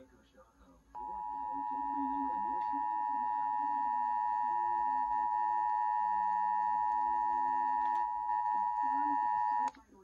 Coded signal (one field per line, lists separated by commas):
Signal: Emergency Alert System (SAME) tones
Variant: 853 and 960 Hz attention tone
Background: speech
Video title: EAS 947-961: Connecticut Required Monthly Test, 12:37 AM 8-17-2023